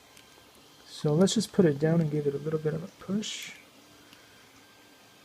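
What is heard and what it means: Someone talks while setting a hard plastic Wltoys XK Racing drift tire for the K989/K969 down and pushing it onto its RC car rim, with faint brief knocks at about 0.2 s and 4.1 s. The tire is too hard and does not go on, so nothing has seated or clicked yet.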